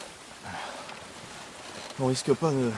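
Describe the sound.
A steady hiss of wind and sea wash fills the air around a small dory (a Doris) with the wind coming from behind, with a soft swell of water early on, then a man's voice speaks over it.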